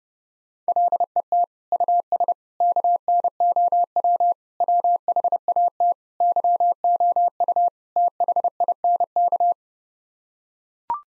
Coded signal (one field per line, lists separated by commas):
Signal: Morse code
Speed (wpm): 32 wpm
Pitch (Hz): 700 Hz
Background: none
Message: LET US KNOW WHAT YOU THINK